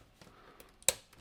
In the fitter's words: and they will snap into place